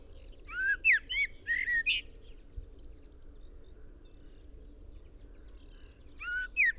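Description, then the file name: Common blackbird gives a quick cluster of slurred whistled notes, then a long quiet stretch before one more brief burst near the end, with faint background hum. "Turdus merula"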